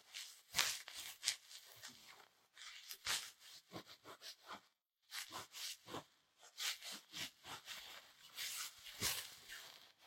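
Ear cleaning: irregular bursts of crackly, scratchy rubbing, dense and bright, with a brief silent pause around the midpoint.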